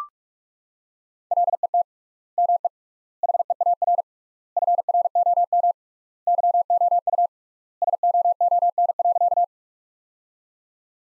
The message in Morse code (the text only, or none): LET ME HEAR FROM YOU SOON.